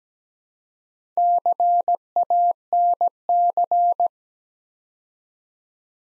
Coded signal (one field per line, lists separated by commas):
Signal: Morse code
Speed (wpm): 17 wpm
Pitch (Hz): 700 Hz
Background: none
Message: CANC